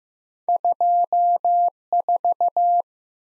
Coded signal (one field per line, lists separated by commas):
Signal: Morse code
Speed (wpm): 15 wpm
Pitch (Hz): 700 Hz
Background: none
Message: 24